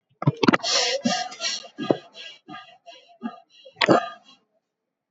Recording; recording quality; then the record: shallow breathing; excellent, no background noise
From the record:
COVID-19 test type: RT-PCR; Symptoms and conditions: cough, cold, breathing difficulty, another respiratory illness, hypertension, diabetes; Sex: female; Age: 55 years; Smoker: no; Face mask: not worn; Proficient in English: yes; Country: India